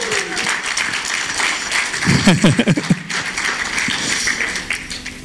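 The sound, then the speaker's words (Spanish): An audience applauds the Lord in a steady, dense wash of clapping, swelling briefly louder around the middle with a few voices calling out over it before settling back. “Gloria a Dios, un aplauso al Señor por eso, man.”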